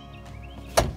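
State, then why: Seated. A folded rear seat or bed section in a Pontiac car is lifted and pushed until its latch locks into the car's seat mount. Over a low, steady background hum, a single sharp latch click lands at 0.8 s, and the seat is locked in place.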